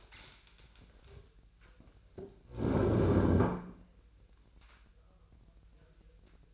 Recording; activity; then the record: daily activity, microphone in the room; stand up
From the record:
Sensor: 2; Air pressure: 1001.7 hPa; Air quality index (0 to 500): 242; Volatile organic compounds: 76 ppm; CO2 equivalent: 3570 ppm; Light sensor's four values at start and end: 7/17/7/8 and 8/19/8/8